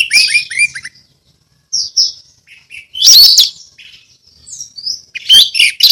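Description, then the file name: Orange-headed thrush gives a series of slurred descending whistles, then scattered soft notes and two loud sharp chattering bursts. Ngeplong song style. "anis merah ngeplong"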